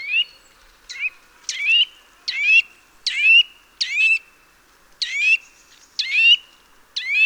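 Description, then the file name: Eurasian nuthatch calling, loud harsh notes that sweep upward, repeated roughly once a second in an uneven series. "Sitta europaea"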